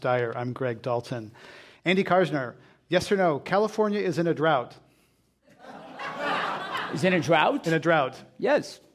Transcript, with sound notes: I'm Greg Dalton. Andy Karsner, yes or no, California is in a drought?
[Laughter]
Is in a drought?
In a drought.